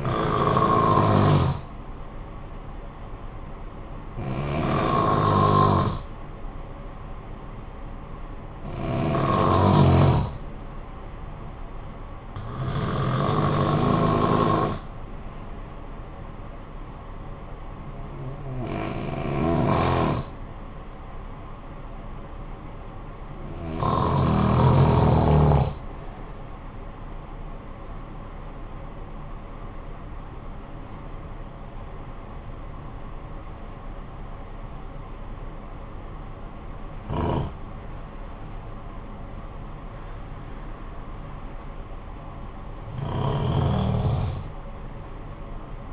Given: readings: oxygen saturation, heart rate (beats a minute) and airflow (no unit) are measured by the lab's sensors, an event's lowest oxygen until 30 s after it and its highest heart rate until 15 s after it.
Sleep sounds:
breathing in sleep by a smartphone at the bedside; 1
8.00-28.70 s: hypopnea (N1, oxygen 94% highest, then 90% lowest, heart rate 52 at the start, 67 highest)
18.00-45.93 s: new sleep stage, N2 (light sleep)
From the record:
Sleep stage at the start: N1 (lightest sleep); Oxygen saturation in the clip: 92 to 94%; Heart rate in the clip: 52 to 67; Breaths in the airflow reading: 10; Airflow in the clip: -11.2 to 11.4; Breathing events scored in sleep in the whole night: 445 in 7.6 hours asleep

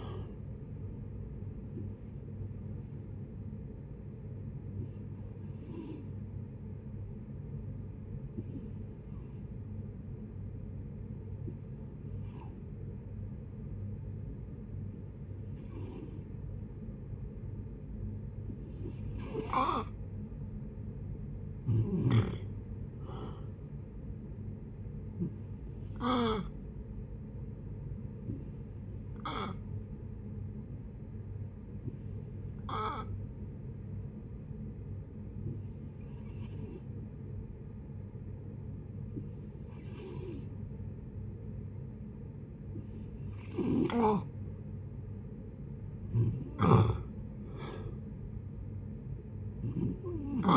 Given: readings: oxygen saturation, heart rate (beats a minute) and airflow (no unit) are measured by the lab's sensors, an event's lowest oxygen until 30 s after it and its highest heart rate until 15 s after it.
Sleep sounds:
breathing in sleep by a smartphone at the bedside; 2
6.00-21.60 s: hypopnea (N2, oxygen 92% highest, then 89% lowest, heart rate 66 at the start, 74 highest)
29.00-45.30 s: hypopnea (N2, oxygen 93% highest, then 88% lowest, heart rate 69 at the start, 71 highest)
From the record:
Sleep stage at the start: N2 (light sleep); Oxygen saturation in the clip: 83 to 93%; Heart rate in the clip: 61 to 75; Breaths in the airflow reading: 13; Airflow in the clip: -10.9 to 13.1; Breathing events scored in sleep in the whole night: 496 in 5.4 hours asleep

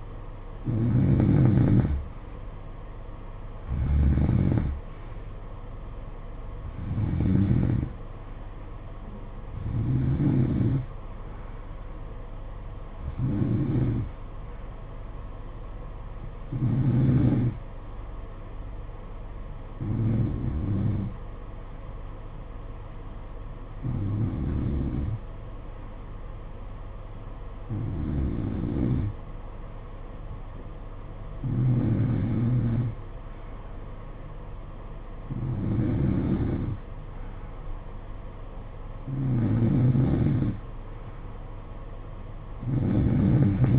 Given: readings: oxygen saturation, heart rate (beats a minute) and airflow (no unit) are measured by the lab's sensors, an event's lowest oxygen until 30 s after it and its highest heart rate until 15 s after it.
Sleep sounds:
breathing in sleep by a smartphone at the bedside; none
17.00-43.78 s: new sleep stage, N3 (deep sleep)
From the record:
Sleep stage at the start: N2 (light sleep); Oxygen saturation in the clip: 88 to 92%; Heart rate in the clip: 57 to 71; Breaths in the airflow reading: 12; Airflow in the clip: -10.5 to 7.5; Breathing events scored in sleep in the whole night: 476 in 9.7 hours asleep

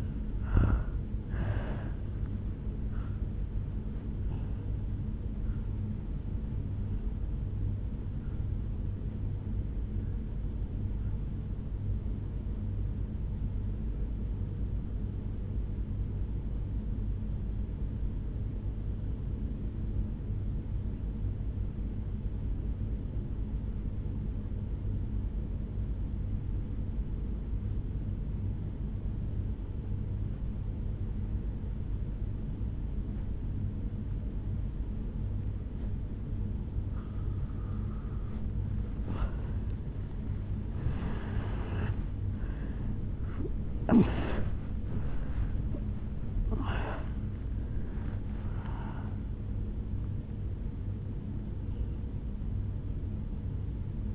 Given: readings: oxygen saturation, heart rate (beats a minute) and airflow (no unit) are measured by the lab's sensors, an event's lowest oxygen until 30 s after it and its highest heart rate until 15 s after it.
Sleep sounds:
breathing in sleep by a smartphone at the bedside; 1
14.00-40.00 s: obstructive apnea (N2, oxygen 97% highest, then 83% lowest, heart rate 55 at the start, 81 highest)
34.00-54.15 s: new sleep stage, N1 (lightest sleep)
From the record:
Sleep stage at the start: N2 (light sleep); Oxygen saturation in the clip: 85 to 97%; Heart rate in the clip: 53 to 81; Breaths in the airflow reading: 6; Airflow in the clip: -11.5 to 7.3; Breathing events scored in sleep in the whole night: 449 in 7.0 hours asleep

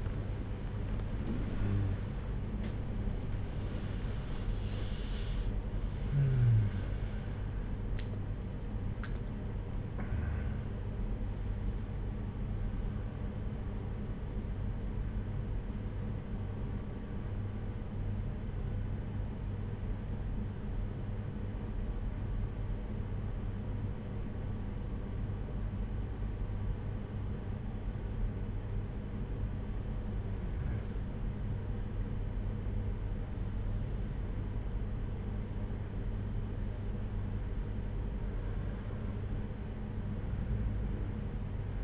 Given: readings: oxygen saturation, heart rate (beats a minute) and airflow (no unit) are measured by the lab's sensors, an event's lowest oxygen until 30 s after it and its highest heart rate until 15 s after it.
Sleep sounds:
breathing in sleep by a smartphone at the bedside; 1
6.00-41.84 s: new sleep stage, N1 (lightest sleep)
16.00-30.50 s: hypopnea (N1, oxygen 97% highest, then 91% lowest, heart rate 78 at the start, 78 highest)
From the record:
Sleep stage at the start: N2 (light sleep); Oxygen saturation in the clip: 92 to 97%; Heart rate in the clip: 61 to 78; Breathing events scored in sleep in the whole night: 226 in 8.8 hours asleep

